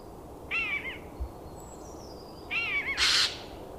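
Eurasian jay calls: two wavering, harmonic nasal notes about two seconds apart, followed by one short, harsh rasping screech near the end.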